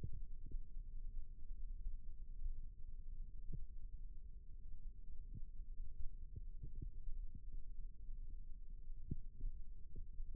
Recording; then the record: forearm muscle sounds (acoustic myography)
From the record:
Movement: rest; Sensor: system 2, bracelet of six BSWA MPA416 microphones around the upper forearm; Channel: 4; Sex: male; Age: 22 years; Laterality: right